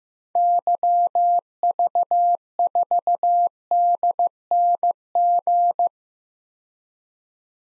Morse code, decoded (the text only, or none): YV4DNG